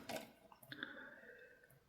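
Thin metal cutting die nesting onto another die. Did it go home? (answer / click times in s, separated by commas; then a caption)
yes / 0.7 s, 0.8 s. A thin metal craft cutting die is laid on top of a second die and slid up and down until its ridges nest into place. After a soft scrape and a few faint ticks, small sharp clicks come at 0.7 s and 0.8 s, followed by a fading, light scraping hiss. The die locks in place.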